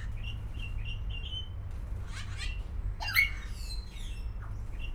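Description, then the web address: Grey parrot whistling a short repeated series of similar notes, followed by a burst of raspy chatter and a sharp squawk, over low background hum. Captive grey parrot at a zoo in Szeged, recorded in 2011. "szegedizoo 2011 jakopapagaj"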